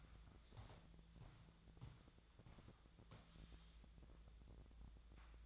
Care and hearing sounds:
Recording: daily activity, microphone in the room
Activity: walk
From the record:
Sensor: 3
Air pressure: 1012.1 hPa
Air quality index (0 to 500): 185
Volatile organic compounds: 3 ppm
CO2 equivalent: 1416 ppm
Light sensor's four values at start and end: 53/139/60/63 and 53/141/61/64

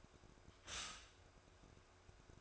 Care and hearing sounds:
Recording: daily activity, microphone in the room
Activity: stop toaster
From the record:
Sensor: 2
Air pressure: 1004.0 hPa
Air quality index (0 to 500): 193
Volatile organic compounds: 11 ppm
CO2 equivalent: 2314 ppm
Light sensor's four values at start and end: 4/10/4/4 and 4/10/4/4

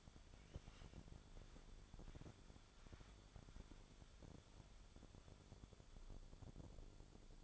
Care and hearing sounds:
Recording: daily activity, microphone in the room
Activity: wipe stove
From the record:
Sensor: 5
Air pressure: 1015.1 hPa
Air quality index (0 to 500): 151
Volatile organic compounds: 4 ppm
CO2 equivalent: 1625 ppm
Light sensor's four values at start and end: 35/83/34/36 and 35/83/34/35

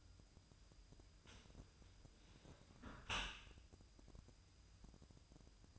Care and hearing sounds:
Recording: daily activity, microphone in the room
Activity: close dishwasher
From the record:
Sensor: 2

